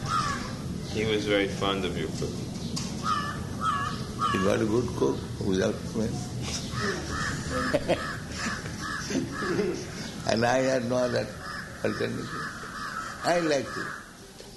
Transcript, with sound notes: He was very fond of your cooking.
He got a good cook without paying. [laughs] And I had no other alternative. I liked it.